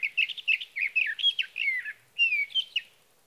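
Sage thrasher song: fast, tumbling warbled phrases with slurred whistles and twangy notes, a brief pause, then a few more slurred notes.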